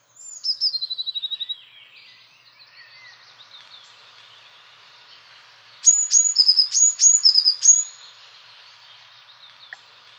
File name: Blåmeis